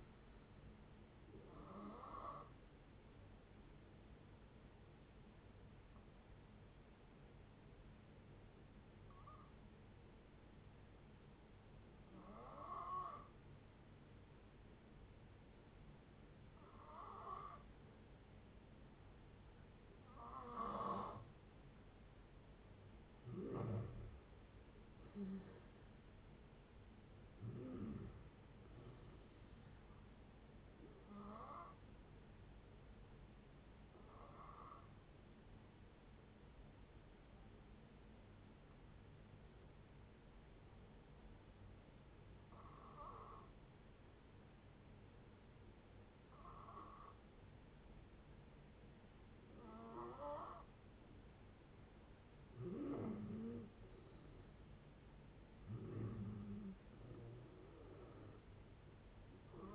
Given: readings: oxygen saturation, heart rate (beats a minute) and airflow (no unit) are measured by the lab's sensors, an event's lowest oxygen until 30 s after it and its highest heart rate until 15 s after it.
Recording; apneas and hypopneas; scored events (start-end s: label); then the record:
breathing in sleep by a voice recorder at the bedside; 2
3.00-23.00 s: hypopnea (N2, oxygen 95% highest, then 86% lowest, heart rate 72 at the start, 75 highest)
32.00-52.50 s: hypopnea (N2, oxygen 94% highest, then 86% lowest, heart rate 72 at the start, 72 highest)
From the record:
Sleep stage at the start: N2 (light sleep); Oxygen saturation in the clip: 86 to 95%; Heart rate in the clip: 56 to 78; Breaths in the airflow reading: 13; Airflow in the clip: -7.9 to 10.8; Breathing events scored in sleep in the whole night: 496 in 5.4 hours asleep